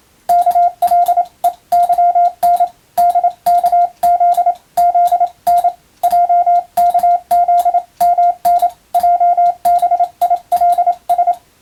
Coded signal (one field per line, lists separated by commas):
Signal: Morse code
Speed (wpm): 27 wpm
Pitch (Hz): 700 Hz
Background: radio noise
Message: KLEYN DKZ ZN JKZMN JBILS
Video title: モールストレーニング！アマチュア無線ＣＷの練習用。YouTubeの再生速度を調整して手打ちモールスで受信練習を始めてみませんか(morse code practice radio operator )